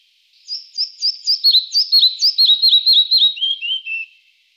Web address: IVN Zangvogels Kleine vliegenvanger